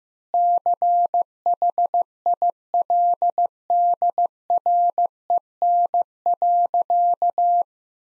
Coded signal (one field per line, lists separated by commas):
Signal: Morse code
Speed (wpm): 15 wpm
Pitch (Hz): 700 Hz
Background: none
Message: CHILDREN.